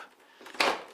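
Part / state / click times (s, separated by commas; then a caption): printer scanner unit snap-fit locks in the printer body / released / 0.6 s. The scanner unit of a Canon MX395 inkjet printer is lifted up from the printer body to free the plastic snap-fit locks underneath it. After a faint tick near 0.5 s, a sharp plastic snap sounds at 0.6 s, and another short tick follows at 0.9 s. Both snap-fit locks are released.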